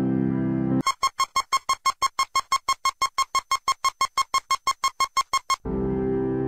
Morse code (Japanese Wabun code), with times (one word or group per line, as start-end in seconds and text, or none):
none